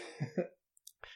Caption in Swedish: Du har lite rethosta. Ja, lite grann. Det hör man ibland.